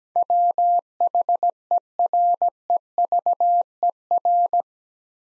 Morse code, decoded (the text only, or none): WHEREVER